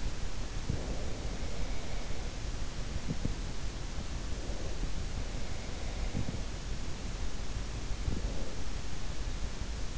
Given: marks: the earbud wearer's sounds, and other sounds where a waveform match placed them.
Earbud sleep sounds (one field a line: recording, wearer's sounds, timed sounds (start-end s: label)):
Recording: sounds in sleep by an in-ear microphone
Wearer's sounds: breath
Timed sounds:
0.00-3.25 s: breath